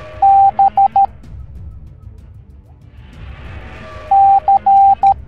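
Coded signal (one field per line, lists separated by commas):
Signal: Morse code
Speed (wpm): 13 wpm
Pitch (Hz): 790 Hz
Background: none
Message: B C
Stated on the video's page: Morse code alphabet lesson for kids set to Minecraft Wither Storm animation.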